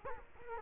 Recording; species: mosquito wingbeat signal from an infrared sensor; Culex quinquefasciatus